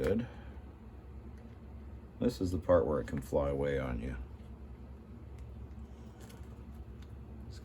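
A small spring-loaded clip-in part that can fly off is being handled and pressed toward a slot car's plastic chassis while someone talks. Only faint handling noise and a few soft ticks are heard near the end. Nothing has seated or clicked yet.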